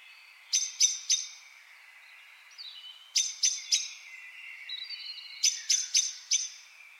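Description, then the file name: Common blackbird giving quick runs of three or four hard, metallic chinks, spaced two to three seconds apart, while softer chirps fill the gaps. "Turdus merula"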